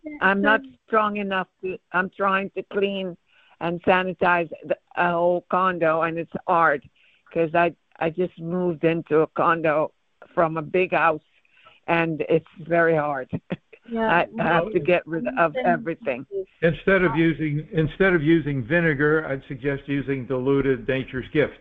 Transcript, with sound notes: I'm not strong enough to ... I'm trying to clean and sanitize the, our whole condo, and it's hard 'cause I, I just moved into a condo from a big house, and it's very hard. (laughs)
Yeah, well-
I, I have to get rid of everything.
Instead of using, instead of using vinegar, I'd suggest using diluted Nature's Gift.